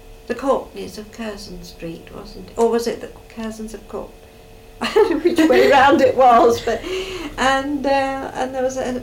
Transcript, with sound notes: The Courtneys of Curzon Street, wasn't it? Or was it 'The Curzons of Courtney Street'? [laughs] I don't know which way round it was. And eh, and there as